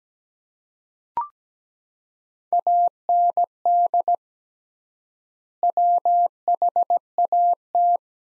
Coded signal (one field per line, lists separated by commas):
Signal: Morse code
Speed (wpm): 17 wpm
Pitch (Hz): 700 Hz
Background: none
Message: AND WHAT